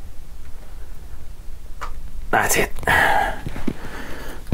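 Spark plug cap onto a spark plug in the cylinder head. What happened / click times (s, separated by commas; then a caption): The spark plug cap clicked onto the plug / 1.8 s. A rubber spark plug cap is lined up and pushed down onto a spark plug in the cylinder head of an Aprilia Mille, Tuono or Falco motorcycle, as part of fixing a flooded bike that won't start. It gives a fairly firm but not excessive click at 1.8 s as it seats. Someone talks afterward.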